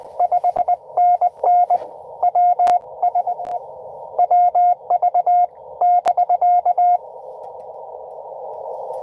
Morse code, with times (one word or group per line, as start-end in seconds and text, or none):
0.2-1.8 5NN
2.2-2.8 W
3.0-3.6 SE
4.2-5.5 WV
5.8-7.0 <BK>